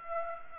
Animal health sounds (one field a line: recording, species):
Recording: mosquito wingbeat signal from an infrared sensor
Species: Aedes aegypti